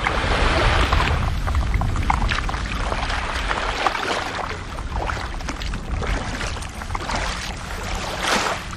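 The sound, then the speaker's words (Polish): Sea water sloshes and splashes steadily for several seconds as someone wades in and paddles, with irregular louder splashes over a constant rushing wash and no voices. “Wchodzę do wody. Widzimy się gdzieś za pół godzinki, jak już sobie popadluję.”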